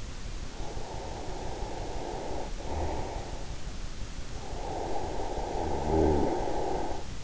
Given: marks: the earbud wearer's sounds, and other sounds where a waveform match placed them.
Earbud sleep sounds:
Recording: sounds in sleep by an in-ear microphone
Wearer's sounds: snoring breath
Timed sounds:
0.65-3.38 s: snoring breath
4.43-7.24 s: snoring breath

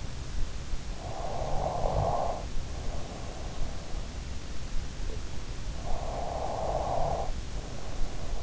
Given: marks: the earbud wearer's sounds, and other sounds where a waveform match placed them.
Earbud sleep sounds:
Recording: sounds in sleep by an in-ear microphone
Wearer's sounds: snoring breath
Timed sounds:
0.90-4.04 s: snoring breath
5.52-8.43 s: snoring breath

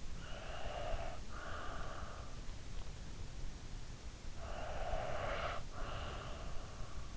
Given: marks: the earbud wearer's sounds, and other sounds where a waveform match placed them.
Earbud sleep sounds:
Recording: sounds in sleep by an in-ear microphone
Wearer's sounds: breath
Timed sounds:
0.26-2.43 s: breath
4.33-7.17 s: breath

